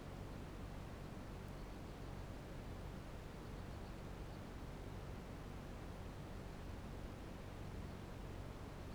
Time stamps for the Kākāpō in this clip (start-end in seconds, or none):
none